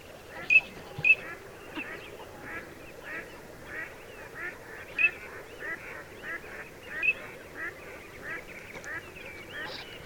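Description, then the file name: Eurasian teal giving a few short, sharp whistled calls at irregular intervals over a steady background of softer nasal calls. "Alzavola"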